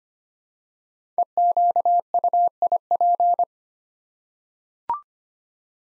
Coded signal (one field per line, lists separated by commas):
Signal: Morse code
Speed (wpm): 25 wpm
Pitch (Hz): 700 Hz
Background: none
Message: EQUIP